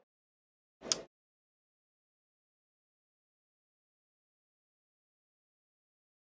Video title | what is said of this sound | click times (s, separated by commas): 7 Series BERNINA Guide Class - Intro on How to Setup Your Sewing Machine Part 1 of 2 | push the center of the case in and make sure it clicks | 0.9 s